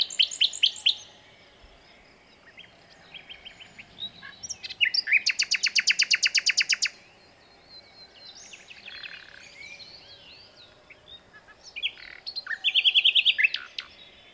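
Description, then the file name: Common nightingale singing varied phrases separated by pauses: sharp chirps, a long dry rattling trill lasting about two seconds, scattered twittering, and a final burst of rapid notes. "Luscinia megarhynchos"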